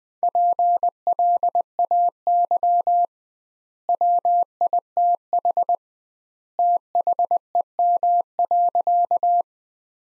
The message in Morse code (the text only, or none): PLAY WITH THEM.